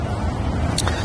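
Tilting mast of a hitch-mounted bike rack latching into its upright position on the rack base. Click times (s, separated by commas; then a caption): 0.8 s, 0.9 s. The tilting steel mast of a Curt hitch-mounted bike rack for four bikes, fitted to a 2017 Jeep Cherokee, is walked back up to upright until it latches into place on the rack base. Over a steady low rumble, two short sharp clicks are heard at about 0.8 s and 0.9 s as the mast seats in its upright position.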